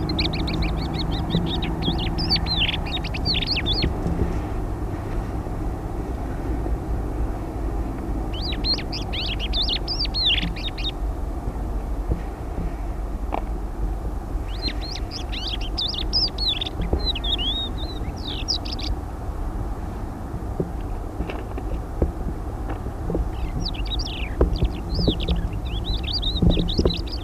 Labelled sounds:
Thekla's Lark

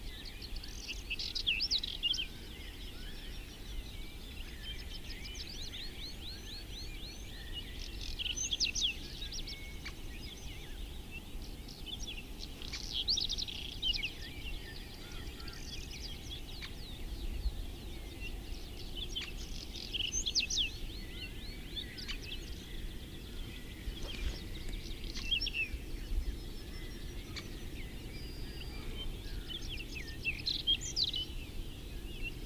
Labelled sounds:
Whinchat song

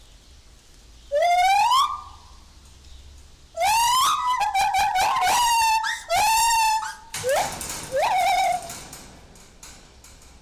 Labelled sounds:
Lar Gibbon

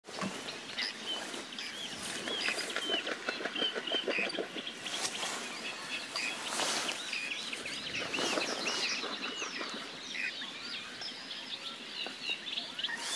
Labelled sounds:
Whiskered Tern flight call

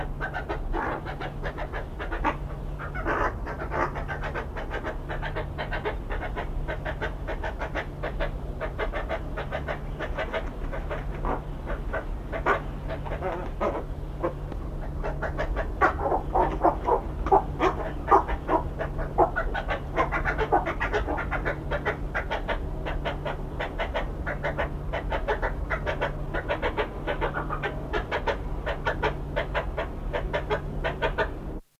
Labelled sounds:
Western Cattle Egret call

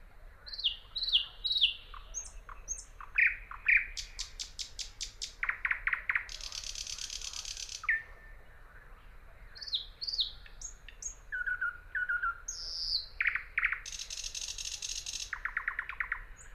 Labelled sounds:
Thrush Nightingale song

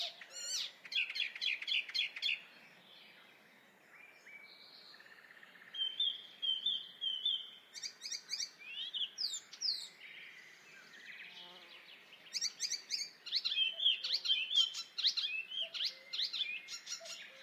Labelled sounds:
Icterine Warbler song

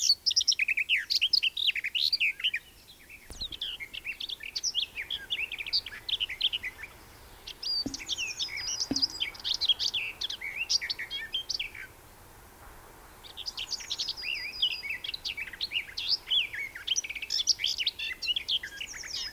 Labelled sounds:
Garden Warbler song

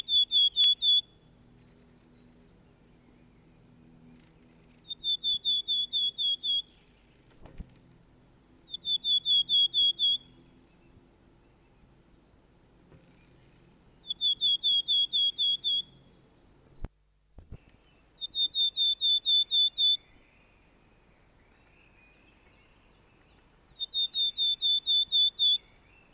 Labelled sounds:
Willow Tit song

